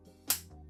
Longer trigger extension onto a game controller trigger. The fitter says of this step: Et hop là, on a entendu le clic et voilà.